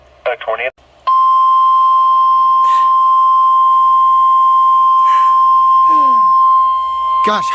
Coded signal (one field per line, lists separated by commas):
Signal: Emergency Alert System (SAME) tones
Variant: 1050 Hz attention tone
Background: speech